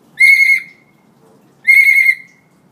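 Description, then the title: Hill myna uttering two loud, sustained whistles, each lasting about half a second, separated by a second of near silence. Energetic 'gacor' singing myna; recording intended as a master tutor track for training birds. "Suara Burung Beo Gacor Cocok Untuk Masteran"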